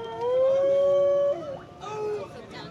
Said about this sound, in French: On entend évidemment les sirènes. Ah, c'est pas mal, hein. Ça donne une ambiance.